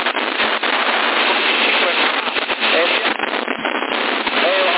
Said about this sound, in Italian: la grandine. Ecco, per cambiare.